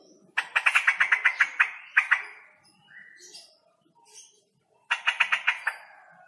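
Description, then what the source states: Straw-headed bulbul song: a fast run of several sharp, repeated notes, a brief softer interlude, then another rapid burst of the same notes. Male; loud voice, singing persistently (gacor); long 'roo-el' trills; a masteran recording for training other birds.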